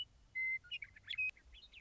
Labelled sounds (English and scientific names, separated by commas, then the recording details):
Western Meadowlark (Sturnella neglecta)
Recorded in Sonoma County, California